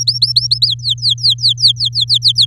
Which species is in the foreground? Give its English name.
Domestic Canary